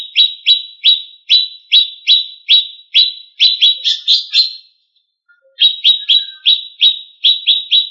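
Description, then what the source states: Greater green leafbird song: rapid series of bright, falling chips, a short busier trill near the middle, a pause, then the chips resume. Small-leaf ('daun kecil') type.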